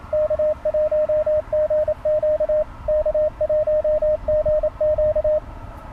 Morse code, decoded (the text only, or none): K1GQ K1GQ